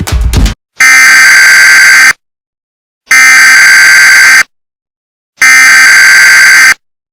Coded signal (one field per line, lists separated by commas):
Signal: Emergency Alert System (SAME) tones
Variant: header bursts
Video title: EAS Scenario: Supernatural Havoc